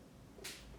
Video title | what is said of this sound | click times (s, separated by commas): Rolex 16710 GMT Master Coke Bracelet / Strap replacement | then once it's in place you'll hear it pop I just got a little click and there | 0.5 s